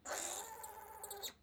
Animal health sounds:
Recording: pig call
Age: piglet (1 to 25 days)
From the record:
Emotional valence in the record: negative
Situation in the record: restrain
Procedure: back test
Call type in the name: high-frequency call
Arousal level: low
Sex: female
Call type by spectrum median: high-frequency call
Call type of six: high-frequency stable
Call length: 1.44 s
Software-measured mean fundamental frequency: 212 Hz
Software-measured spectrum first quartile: 1360 Hz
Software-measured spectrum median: 4418 Hz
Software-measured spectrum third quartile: 8213 Hz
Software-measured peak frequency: 874 Hz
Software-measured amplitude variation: 173 dB a second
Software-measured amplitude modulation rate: 24.4 a second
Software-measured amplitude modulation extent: 7.1 dB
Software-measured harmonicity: 2.2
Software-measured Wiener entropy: -2.57

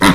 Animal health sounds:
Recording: pig call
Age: piglet (1 to 25 days)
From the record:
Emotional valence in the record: positive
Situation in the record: reunion after long isolation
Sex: female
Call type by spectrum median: low-frequency call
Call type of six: low-frequency tonal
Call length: 0.14 s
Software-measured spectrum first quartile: 307 Hz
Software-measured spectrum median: 986 Hz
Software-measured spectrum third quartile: 2342 Hz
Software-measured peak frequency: 281 Hz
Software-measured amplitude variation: 62 dB a second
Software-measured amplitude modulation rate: 17.6 a second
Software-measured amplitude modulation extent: 3.5 dB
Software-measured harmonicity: -0.7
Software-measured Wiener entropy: -1.15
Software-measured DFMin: 791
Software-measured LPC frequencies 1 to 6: 1123, 1952, 3326, 3867, 4965, 6178 Hz

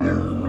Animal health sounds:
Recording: pig call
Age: growing-finishing pig (85 days or more)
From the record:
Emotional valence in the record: negative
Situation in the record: barren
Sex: male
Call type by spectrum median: low-frequency call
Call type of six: low-frequency modulated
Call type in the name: low-frequency modulated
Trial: 2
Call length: 0.49 s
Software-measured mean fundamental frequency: 49 Hz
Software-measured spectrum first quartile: 176 Hz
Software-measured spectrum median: 295 Hz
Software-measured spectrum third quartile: 616 Hz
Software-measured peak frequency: 269 Hz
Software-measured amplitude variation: 167 dB a second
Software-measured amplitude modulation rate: 33.7 a second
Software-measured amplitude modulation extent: 4.9 dB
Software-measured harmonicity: -0.5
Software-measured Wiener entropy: -0.91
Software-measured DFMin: 683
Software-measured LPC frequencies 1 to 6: 338, 1180, 1553, 2380, 3470, 4764 Hz

